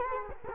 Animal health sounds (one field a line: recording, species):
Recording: mosquito wingbeat signal from an infrared sensor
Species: Culex quinquefasciatus